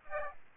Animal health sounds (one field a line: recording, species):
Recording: mosquito wingbeat signal from an infrared sensor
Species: Aedes aegypti